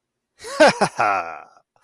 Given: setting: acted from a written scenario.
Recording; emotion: vocal sound without words; triumph